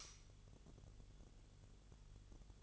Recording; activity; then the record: daily activity, microphone in the room; light on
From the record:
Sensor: 4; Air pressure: 1008.7 hPa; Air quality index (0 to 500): 98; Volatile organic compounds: 1 ppm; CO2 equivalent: 732 ppm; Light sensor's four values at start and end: 11/26/10/10 and 12/28/11/10